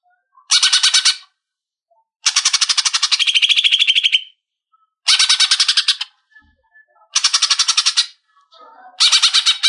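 Leafbird song in repeated bursts of fast buzzy chattering, each lasting up to two seconds, with short pauses.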